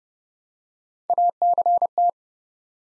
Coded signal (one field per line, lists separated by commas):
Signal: Morse code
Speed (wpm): 30 wpm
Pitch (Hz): 700 Hz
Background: none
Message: ACT